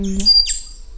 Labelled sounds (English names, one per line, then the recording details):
Stitchbird song
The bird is a male
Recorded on Tiritiri Matangi Island, New Zealand, in 2005
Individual 16, of nest box 24